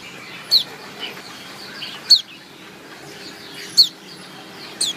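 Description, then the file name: White-eye calls: brief, high, downslurred notes spaced a second or more apart over a steady hiss. Female. "suara pleci betina omkicau"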